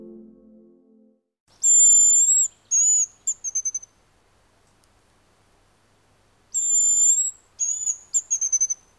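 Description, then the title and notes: Hazel grouse whistle song, given twice: a very high, thin, drawn-out whistle, a shorter second whistle, then a quick run of tiny falling notes. "Pyy. Viikon luontoäänen esitteli Juha Laaksonen. Kuva: Juha Laaksonen. Yle"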